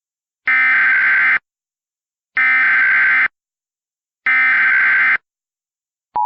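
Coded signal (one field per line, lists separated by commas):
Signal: Emergency Alert System (SAME) tones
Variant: header bursts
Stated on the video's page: Fictional EAS scenario based on the film War of the Worlds, containing valid EAS tones.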